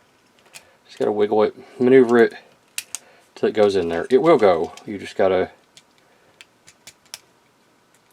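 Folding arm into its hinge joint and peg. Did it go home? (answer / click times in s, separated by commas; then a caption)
yes / 7.1 s. A plastic folding arm is wiggled and maneuvered onto its hinge joint and small peg while someone talks, with sharp clicks and light taps of handling in between. A loud, sharp click at 7.1 s marks the arm locking into place, seated.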